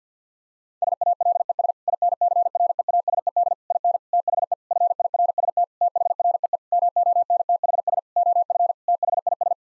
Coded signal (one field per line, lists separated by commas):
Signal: Morse code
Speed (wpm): 50 wpm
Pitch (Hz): 700 Hz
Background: none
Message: SALES INCREASED IN THE FIRST THREE MONTHS OF THIS